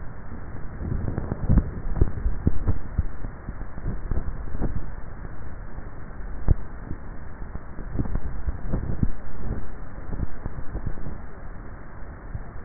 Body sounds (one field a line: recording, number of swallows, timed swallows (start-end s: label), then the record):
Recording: swallowing sounds by neck microphone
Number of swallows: 3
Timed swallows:
1.98-2.95 s: swallow
4.08-4.92 s: swallow
8.18-8.98 s: swallow
From the record:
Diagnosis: dysphagia